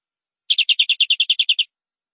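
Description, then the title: Canary singing a fast, even series of about twelve bright high notes lasting just over a second. "BM Suara Kenari"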